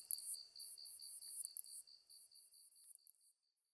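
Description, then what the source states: Katydid song, a brief series of high, buzzy pulses repeated rapidly, growing fainter and broken before stopping near the end. 23 August 2010 at 21:33.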